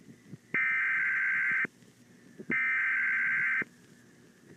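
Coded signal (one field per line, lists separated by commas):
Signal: Emergency Alert System (SAME) tones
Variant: header bursts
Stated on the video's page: Fictional EAS scenario tones.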